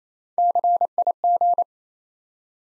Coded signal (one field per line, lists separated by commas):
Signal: Morse code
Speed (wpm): 27 wpm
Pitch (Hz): 700 Hz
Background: none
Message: CIG